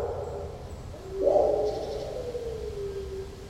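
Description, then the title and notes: Dog giving a long howl that slowly falls and trails off, over low urban background rumble. Dog in a patio on Corinthstraße, Friedrichshain, Berlin, 14 September 2012, barking and howling for hours; recorded from the bathroom window of a rented apartment. "Patio with howling dog (Corinthstraße Berlin, September 14th 2012). Recorded from the bathroom window of an apartment we rented for a week located in Friedrichshain, Berlin. This dog was barking and howling for hours. A sad sound. Aporee"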